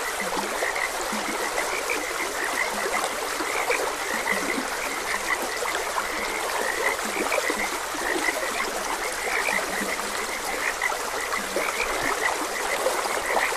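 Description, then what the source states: Frogs croak in a thick, unbroken chorus of quick notes and some lower croaks, over an even rush of running water. Frogs croaking beside a gentle stream.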